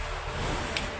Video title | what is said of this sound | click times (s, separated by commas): XUJA Model 1/72 SU-57 & EC665 Tiger Eurocopter Unboxing And Build Review | and we just pop it straight in there we go | 0.8 s